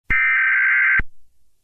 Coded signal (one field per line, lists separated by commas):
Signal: Emergency Alert System (SAME) tones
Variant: header bursts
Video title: FAKE EAS Zombie Alert ⚠️Not Real⚠️